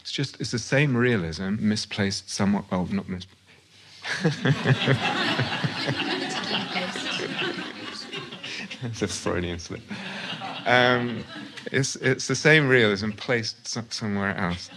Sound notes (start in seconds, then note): 4.0 laughter; 9.8 laughter